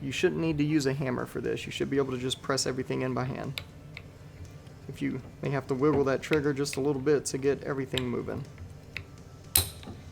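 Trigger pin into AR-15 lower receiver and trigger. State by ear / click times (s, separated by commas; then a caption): seated / 9.6 s. A trigger pin is pressed by hand, without a hammer, into an AR-15 lower receiver and a Geissele trigger while the trigger is wiggled, pushing the stainless steel slave pin out the other side. Someone talks through most of the clip, and a sharp snap at 9.6 s marks the pin seating into place.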